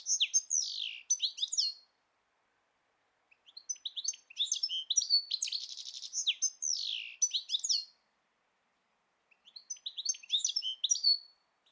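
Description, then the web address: Bird giving three bursts of quick, high, scratchy twitters and sweeping chirps, separated by short silent gaps. "Deverinetal"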